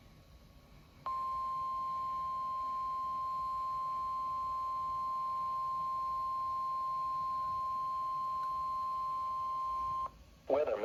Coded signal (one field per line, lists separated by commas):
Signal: Emergency Alert System (SAME) tones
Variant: 1050 Hz attention tone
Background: speech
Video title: NOAA Weather Radio Tornado Watch (4/17/24)